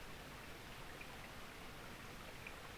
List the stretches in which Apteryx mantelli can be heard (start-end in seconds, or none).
none